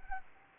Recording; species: mosquito wingbeat signal from an infrared sensor; Anopheles arabiensis